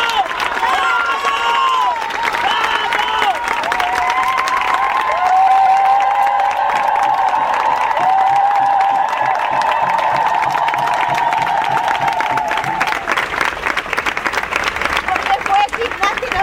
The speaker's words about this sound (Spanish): Ahora pido un fuerte aplauso a Micaela. ¡Bravo!